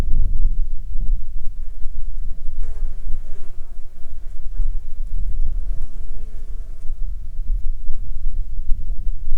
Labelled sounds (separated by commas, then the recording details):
wind, insects
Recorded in Ivvavik National Park, Yukon, on 8 July 2019 at 18:12
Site SINP03